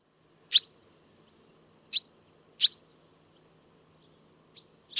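Barn swallow uttering single sharp, high chirps at uneven intervals, four clear notes plus a faint one.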